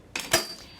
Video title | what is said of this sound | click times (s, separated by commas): Heavy Duty Commode with Drop-Arm - Features & How To Assemble | And all you have to do is just pull up, and you will hear it lock into place. | 0.2 s